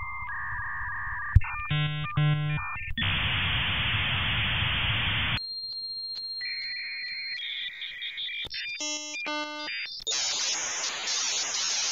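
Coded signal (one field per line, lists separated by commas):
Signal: dial-up modem handshake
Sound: screeching modem tones and warbling bursts, then loud hiss, two handshake sequences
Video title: 16 Dial Up Sound Variations in 2 Minutes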